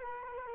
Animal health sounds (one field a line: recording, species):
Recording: mosquito wingbeat signal from an infrared sensor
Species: Culex quinquefasciatus